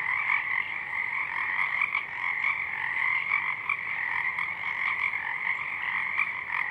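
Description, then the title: Pacific chorus frogs in full chorus, countless croaks overlapping into a steady, buzzing din with no pauses. Chorus of many frogs at dusk, already out in full bloom; downmixed to stereo from a double mid-side recording; frogs highlighted in a separate parabolic track are heard mainly in the left channel. "Pacific Chorus Frogs (Pseudacris regilla), dusk"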